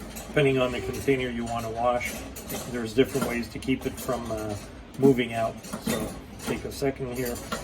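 A swivel lock on an Aquatech BM multi-function washer rack is being handled to hold a larger container in place while someone talks, with light metallic clinks of the rack and dishware underneath. Nothing has seated or clicked yet, and the clip ends before the lock engages.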